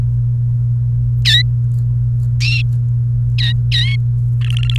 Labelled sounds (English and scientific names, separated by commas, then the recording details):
Domestic Canary (Serinus canaria) song
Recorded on 29 April 2018 at 13:32
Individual llb3